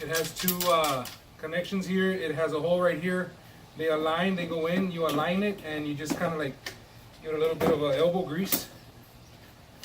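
Someone talks while aligning the two connections and a hole on a plastic body section of a Karcher pressure washer and pushing it into the housing with some force. Nothing has seated or clicked into place yet by the end of the clip.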